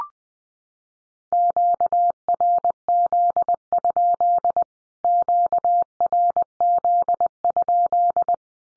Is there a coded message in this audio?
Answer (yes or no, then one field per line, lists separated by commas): yes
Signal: Morse code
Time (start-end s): 1.3-8.3 s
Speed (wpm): 20 wpm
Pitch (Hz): 700 Hz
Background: none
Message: QRZ? QRZ?